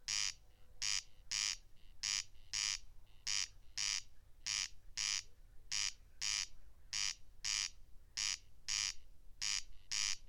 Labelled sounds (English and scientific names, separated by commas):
Corn Crake (Crex crex) song